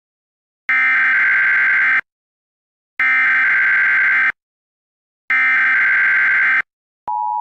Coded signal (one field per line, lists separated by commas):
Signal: Emergency Alert System (SAME) tones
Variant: header bursts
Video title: EAS Scenario #1: The Yellowstone Caldera Eruption